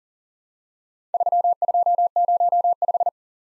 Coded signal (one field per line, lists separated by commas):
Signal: Morse code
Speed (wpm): 41 wpm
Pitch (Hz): 700 Hz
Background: none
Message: 3205